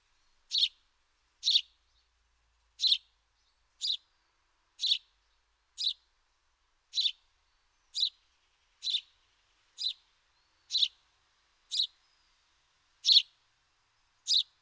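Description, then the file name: House sparrow giving loud, bright chirps, one single note roughly every second, steady and repeated throughout, with a quiet background. "Passer domesticus"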